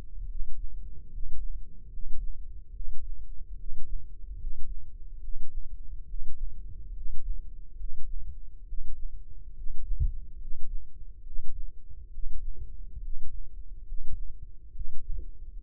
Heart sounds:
heart sounds by microphone in the left ear; 70 bpm
0.24 s: heartbeat
1.07 s: heartbeat
1.87 s: heartbeat
2.69 s: heartbeat
3.53 s: heartbeat
4.34 s: heartbeat
5.17 s: heartbeat
6.03 s: heartbeat
6.90 s: heartbeat
7.73 s: heartbeat
8.62 s: heartbeat
9.51 s: heartbeat
10.35 s: heartbeat
11.20 s: heartbeat
12.07 s: heartbeat
12.97 s: heartbeat
13.81 s: heartbeat
14.69 s: heartbeat
15.57 s: heartbeat
From the record:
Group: healthy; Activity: rest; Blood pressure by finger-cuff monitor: 94/72 mmHg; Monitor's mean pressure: 78 mmHg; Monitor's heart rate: 72 bpm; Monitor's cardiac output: 4.8 L/min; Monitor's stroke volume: 68 mL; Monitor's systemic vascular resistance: 1170 dyn s/cm5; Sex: male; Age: 20 years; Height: 187 cm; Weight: 68.9 kg

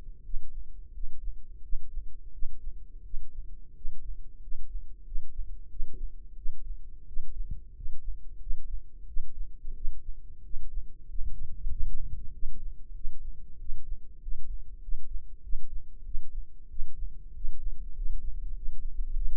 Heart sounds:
heart sounds by microphone in the left ear; 92 bpm
0.21 s: heartbeat
0.91 s: heartbeat
1.60 s: heartbeat
2.30 s: heartbeat
3.02 s: heartbeat
3.72 s: heartbeat
4.39 s: heartbeat
5.03 s: heartbeat
5.67 s: heartbeat
6.34 s: heartbeat
7.04 s: heartbeat
7.72 s: heartbeat
8.37 s: heartbeat
9.04 s: heartbeat
9.73 s: heartbeat
10.41 s: heartbeat
11.05 s: heartbeat
11.68 s: heartbeat
12.30 s: heartbeat
12.92 s: heartbeat
13.57 s: heartbeat
14.18 s: heartbeat
14.79 s: heartbeat
15.40 s: heartbeat
16.02 s: heartbeat
16.67 s: heartbeat
17.31 s: heartbeat
17.93 s: heartbeat
18.53 s: heartbeat
19.13 s: heartbeat
From the record:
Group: healthy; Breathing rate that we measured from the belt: 18 breaths a minute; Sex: male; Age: 21 years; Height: 180 cm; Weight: 67.5 kg

